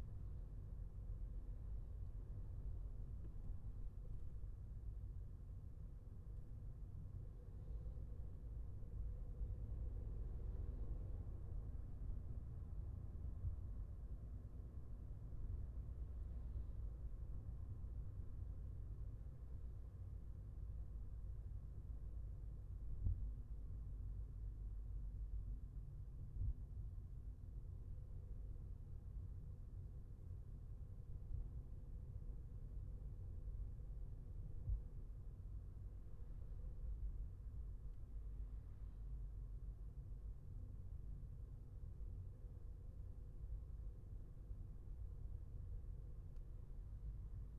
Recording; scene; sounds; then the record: everyday scene through a hearing-aid microphone; in a vehicle; engine, traffic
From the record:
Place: Skoda Fabia, gasoline engine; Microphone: behind the ear, left, rear